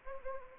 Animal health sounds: mosquito wingbeat signal from an infrared sensor; Anopheles gambiae

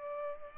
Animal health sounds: mosquito wingbeat signal from an infrared sensor; Culex pipiens

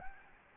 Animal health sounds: mosquito wingbeat signal from an infrared sensor; Anopheles gambiae

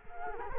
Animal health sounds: mosquito wingbeat signal from an infrared sensor; Culex quinquefasciatus

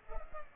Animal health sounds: mosquito wingbeat signal from an infrared sensor; Culex pipiens

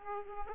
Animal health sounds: mosquito wingbeat signal from an infrared sensor; Aedes aegypti

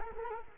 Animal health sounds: mosquito wingbeat signal from an infrared sensor; Culex quinquefasciatus

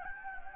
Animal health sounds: mosquito wingbeat signal from an infrared sensor; Anopheles gambiae

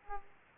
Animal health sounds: mosquito wingbeat signal from an infrared sensor; Aedes aegypti

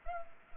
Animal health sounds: mosquito wingbeat signal from an infrared sensor; Culex pipiens

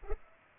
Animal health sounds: mosquito wingbeat signal from an infrared sensor; Culex pipiens

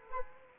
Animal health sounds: mosquito wingbeat signal from an infrared sensor; Anopheles arabiensis

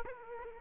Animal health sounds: mosquito wingbeat signal from an infrared sensor; Aedes aegypti

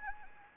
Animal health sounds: mosquito wingbeat signal from an infrared sensor; Anopheles gambiae

